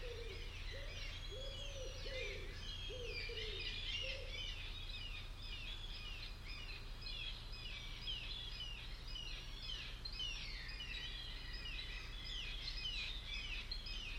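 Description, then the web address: Bird chorus: many overlapping chirps and whistled notes, with a low, pulsing hum throughout and a few short, lower, repeated notes early on. "cianscape birddata Deverinetal 2025 File origin Bird Only"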